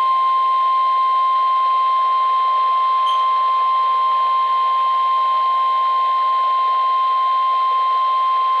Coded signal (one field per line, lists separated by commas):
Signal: Emergency Alert System (SAME) tones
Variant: 1050 Hz attention tone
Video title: EAS 37 Required weekly test